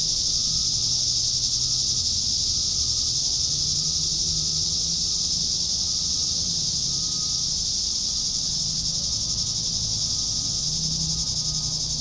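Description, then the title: Cicada chorus of steady high buzzing that runs unbroken, with a faint thin tone and low hum in the background. "neoscenes: cicadas"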